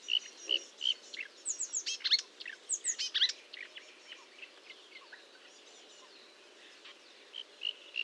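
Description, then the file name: Marsh warbler song: bright whistled notes and quick chirps in a lively opening phrase, fading into sparse soft twitters and a few closing notes. Recorded at Fontaine-Française (Fourneau), 1 June 2022 at 10:55, with a Nagra recorder and Telinga microphone. "Rousserolle verderolle 20220601 1055 Fontaine-Francaise-Fourneau-Nagra-Telinga"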